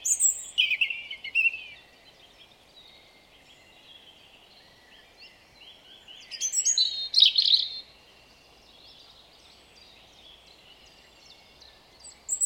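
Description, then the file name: European robin singing bursts of high, tinkling, variable notes separated by a long quieter gap with faint notes. "Erithacus rubecula"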